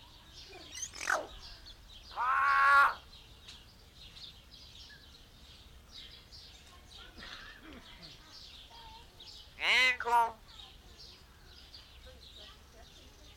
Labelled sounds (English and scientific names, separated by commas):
Common Hill Myna (Gracula religiosa)